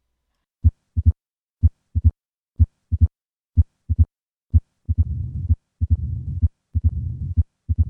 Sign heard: The sound of combined mitral stenosis and regurgitation.